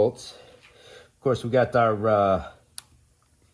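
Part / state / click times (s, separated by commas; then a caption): wiring harness connector into camshaft position sensor / seated / 2.8 s. A wiring harness electrical connector is pushed onto the camshaft position sensor on the engine of a 2014 Chevy Cruze 1.4L turbo during a water pump replacement. Someone talks, then a single sharp click at 2.8 s marks the connector seating and locking in place on the sensor.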